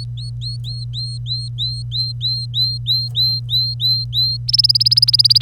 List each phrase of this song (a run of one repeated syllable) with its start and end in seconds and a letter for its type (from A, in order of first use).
0.00-4.37 A, 4.48-5.42 B